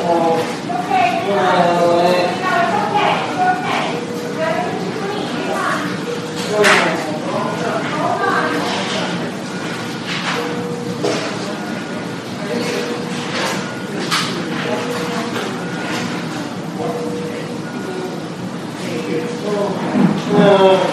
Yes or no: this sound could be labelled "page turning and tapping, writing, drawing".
no